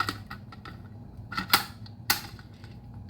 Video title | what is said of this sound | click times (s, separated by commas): Reworking WWII Thompson Magazines for Modern Auto-Ordnance Guns | As you can see, it'll slide in. Seat clicks, we're good. | 2.1 s